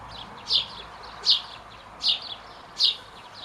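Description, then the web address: Bird calls, four sharp high notes evenly spaced less than a second apart over a soft background hiss. "cianscape birddata Deverinetal 2025 Bird Only Co Pa"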